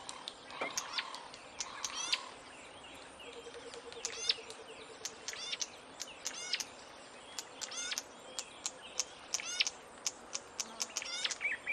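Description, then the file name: Warbler giving quick, high, downward-sweeping notes in irregular chattering bursts, with brief pauses between groups and steady faint background noise. "audio hero Bird Warbler"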